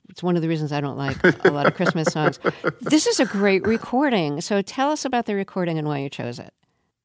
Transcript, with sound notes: It's one of the reasons I don't like a lot of Christmas songs.
(Laughter).
This is a great recording. So tell us about the recording and why you chose it.